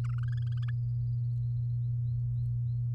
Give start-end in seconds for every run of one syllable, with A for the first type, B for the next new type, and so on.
0.04-0.70 A